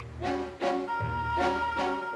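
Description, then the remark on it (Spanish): Two frogs croak in a steady rhythm, about four throaty, buzzing calls rising and falling over a continuous low drone, with no voices present. “Dos ranas serían aún mejor. Y por seguir a dos, ambas escaparon.”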